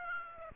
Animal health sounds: mosquito wingbeat signal from an infrared sensor; Aedes aegypti

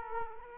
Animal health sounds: mosquito wingbeat signal from an infrared sensor; Aedes aegypti

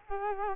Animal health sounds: mosquito wingbeat signal from an infrared sensor; Culex quinquefasciatus

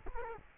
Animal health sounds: mosquito wingbeat signal from an infrared sensor; Culex quinquefasciatus

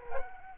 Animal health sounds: mosquito wingbeat signal from an infrared sensor; Culex quinquefasciatus

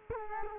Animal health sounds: mosquito wingbeat signal from an infrared sensor; Culex quinquefasciatus

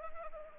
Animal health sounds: mosquito wingbeat signal from an infrared sensor; Anopheles arabiensis

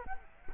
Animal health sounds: mosquito wingbeat signal from an infrared sensor; Culex quinquefasciatus

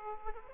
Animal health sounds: mosquito wingbeat signal from an infrared sensor; Aedes aegypti

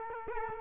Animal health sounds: mosquito wingbeat signal from an infrared sensor; Culex quinquefasciatus

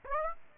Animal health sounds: mosquito wingbeat signal from an infrared sensor; Aedes aegypti

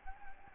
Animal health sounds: mosquito wingbeat signal from an infrared sensor; Anopheles gambiae

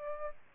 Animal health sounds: mosquito wingbeat signal from an infrared sensor; Aedes albopictus

